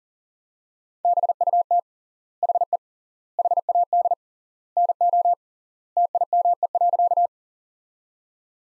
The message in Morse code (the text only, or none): BUT HE HAD NO TIME.